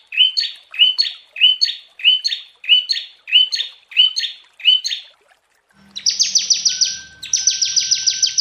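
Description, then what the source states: Prinia song: several quick paired chirps repeated steadily, then a pause and two rapid series of buzzy, ticking notes. Long-duration Indonesian 'masteran' therapy recording of the prenjak, made for training songbirds.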